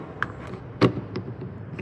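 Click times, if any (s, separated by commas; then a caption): none. A Level 2 charging connector is handled at the charge inlet of an electric car, producing a few short taps and a louder thud near 0.8 seconds against low background noise. Nothing has seated or clicked into the inlet yet.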